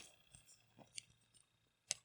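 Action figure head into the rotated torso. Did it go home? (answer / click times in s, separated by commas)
yes / 1.9 s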